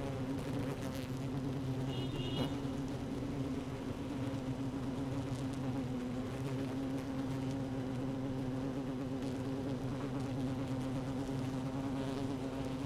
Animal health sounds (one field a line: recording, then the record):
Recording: honeybee colony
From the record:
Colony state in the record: active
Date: 12 June 2018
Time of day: 15:16